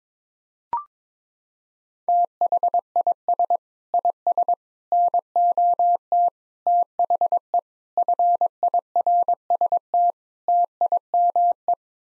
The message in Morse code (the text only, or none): THIS IS NOT THE FIRST TIME